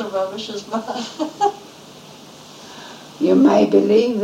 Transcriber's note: this is said with laughter